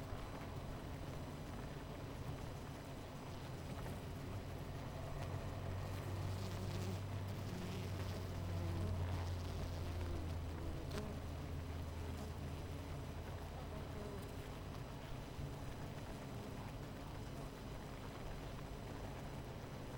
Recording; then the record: honeybee colony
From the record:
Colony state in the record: missing queen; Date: 14 July 2017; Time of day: 10:31